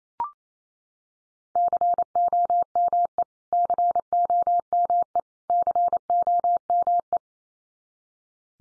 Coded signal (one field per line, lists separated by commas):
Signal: Morse code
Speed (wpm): 28 wpm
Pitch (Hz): 700 Hz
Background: none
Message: COME COME COME